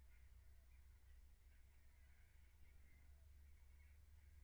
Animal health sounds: poultry house recording; no chicken sound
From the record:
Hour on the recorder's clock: 15

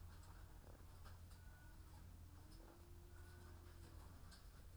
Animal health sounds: poultry house recording; sick chickens (respiratory disease)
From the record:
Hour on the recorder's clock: 13

